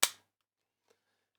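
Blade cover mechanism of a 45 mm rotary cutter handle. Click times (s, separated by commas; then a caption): 0.0 s. The blade cover of a 45 mm ergonomic rotary cutter is closed by pushing down on its lever, and it locks with a sharp, bright click at 0.0 s that rings briefly before fading. A much fainter tick follows near 0.9 s. The blade guard is seated and locked closed.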